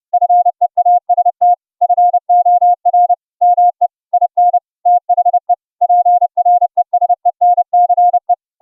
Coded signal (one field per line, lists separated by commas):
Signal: Morse code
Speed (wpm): 30 wpm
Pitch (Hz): 710 Hz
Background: none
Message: FEAST FOR ME IN THE PRESENCE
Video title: QSO'n Morse Code CW over the internet - using the FREE streaming app - ULTRAGRID